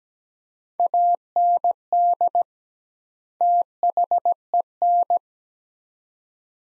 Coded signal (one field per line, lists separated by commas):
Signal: Morse code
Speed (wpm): 17 wpm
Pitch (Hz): 700 Hz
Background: none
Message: AND THEN